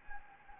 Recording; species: mosquito wingbeat signal from an infrared sensor; Anopheles gambiae